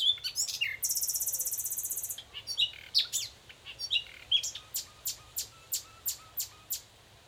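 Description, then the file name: Common nightingale song with varied phrases: a sharp opening, a long harsh buzzy note, mixed chirps, then a series of repeated short notes. "Luscinia megarhynchos"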